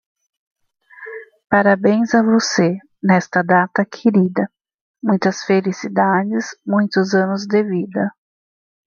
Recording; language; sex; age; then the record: short text; Brazilian Portuguese; female; 40 to 49 years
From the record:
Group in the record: control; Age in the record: 42 years